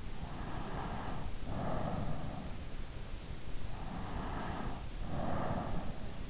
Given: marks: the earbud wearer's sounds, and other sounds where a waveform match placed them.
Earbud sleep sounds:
sounds in sleep by an in-ear microphone; breath
0.07-2.74 s: breath
3.74-6.30 s: breath

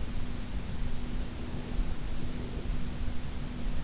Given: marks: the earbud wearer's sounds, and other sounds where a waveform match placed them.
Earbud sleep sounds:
sounds in sleep by an in-ear microphone; breath
1.05-3.05 s: breath

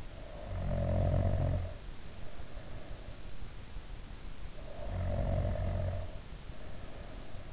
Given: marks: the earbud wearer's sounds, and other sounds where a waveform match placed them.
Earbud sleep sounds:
sounds in sleep by an in-ear microphone; snoring breath
0.10-3.41 s: snoring breath
4.50-7.53 s: snoring breath

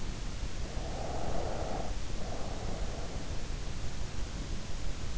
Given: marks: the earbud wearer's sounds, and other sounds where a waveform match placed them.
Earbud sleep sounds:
sounds in sleep by an in-ear microphone; breath
0.64-3.32 s: breath

